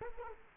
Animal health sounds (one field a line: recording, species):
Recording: mosquito wingbeat signal from an infrared sensor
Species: Culex quinquefasciatus